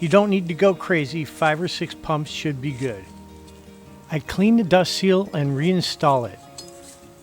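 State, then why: Seated. After the camper wheel hub is greased, the cleaned metal dust cap is pressed back onto the trailer wheel hub while someone talks. One sharp snap is heard at 6.6 s as the cap seats in place.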